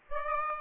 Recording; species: mosquito wingbeat signal from an infrared sensor; Aedes aegypti